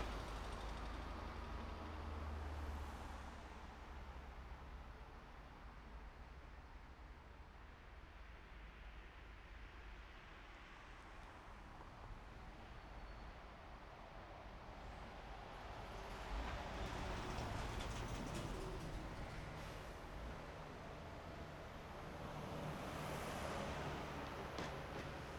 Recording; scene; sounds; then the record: everyday scene through a hearing-aid microphone; in traffic; traffic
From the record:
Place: main road on the outskirts, rush hour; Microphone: behind the ear, right, front